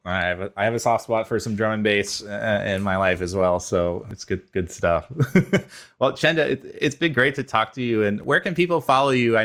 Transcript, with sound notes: I have a soft spot for some drum and bass in my life as well, so it's good stuff. [laugh] Well, Chenda, it's been great to talk to you and where can people follow you?